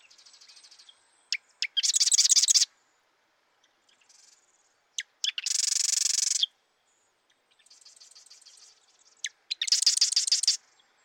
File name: Marsh Wren